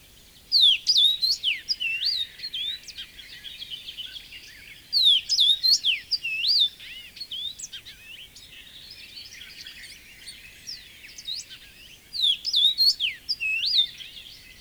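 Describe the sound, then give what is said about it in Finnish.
A common rosefinch sings its bright, whistled song from shrubby edges of fields and meadows, a short rising-and-falling phrase repeated three times with pauses between, clear and fairly loud with no voices. “Viheltäjä on punavarpunen.”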